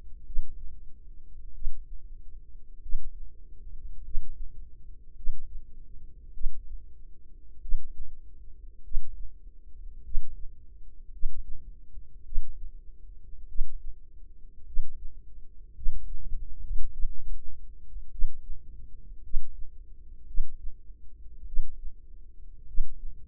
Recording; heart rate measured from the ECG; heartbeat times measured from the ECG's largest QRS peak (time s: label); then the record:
heart sounds by microphone in the left ear; 51 bpm
0.25 s: heartbeat
1.54 s: heartbeat
2.81 s: heartbeat
4.03 s: heartbeat
5.15 s: heartbeat
6.33 s: heartbeat
7.61 s: heartbeat
8.83 s: heartbeat
10.03 s: heartbeat
11.11 s: heartbeat
12.24 s: heartbeat
13.47 s: heartbeat
14.65 s: heartbeat
15.74 s: heartbeat
16.91 s: heartbeat
18.10 s: heartbeat
19.22 s: heartbeat
20.26 s: heartbeat
21.45 s: heartbeat
22.66 s: heartbeat
From the record:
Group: healthy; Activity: rest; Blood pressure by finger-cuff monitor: 94/56 mmHg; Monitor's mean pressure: 68 mmHg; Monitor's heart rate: 50 bpm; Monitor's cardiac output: 4.3 L/min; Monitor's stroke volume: 84 mL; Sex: female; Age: 36 years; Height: 163 cm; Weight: 88 kg